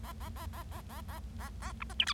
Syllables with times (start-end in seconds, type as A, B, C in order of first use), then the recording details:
0.03-0.12 A, 0.20-0.29 A, 0.36-0.46 A, 0.53-0.63 A, 0.71-0.81 A, 0.89-1.01 A, 1.08-1.19 A, 1.39-1.49 A, 1.62-1.72 A, 1.80-1.83 B, 1.90-1.93 C, 1.99-2.05 D, 2.07-2.13 E. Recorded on 25 March 2012 at 17:34. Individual gy6or6